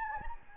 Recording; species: mosquito wingbeat signal from an infrared sensor; Anopheles gambiae